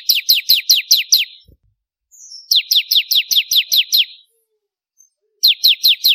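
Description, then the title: Prinia song: fast, regular series of high falling notes, three phrases with brief gaps, plus faint soft knocks. "Kicau Ciblek Kristal"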